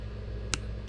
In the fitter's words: and you hear it popping up